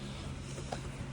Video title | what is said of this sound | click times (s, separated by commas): Fixing the Mercedes E300 Interior! Touchpad & Cup Holder Trim Replacement | So make sure those line up, and you'll hear this click into place. | 0.7 s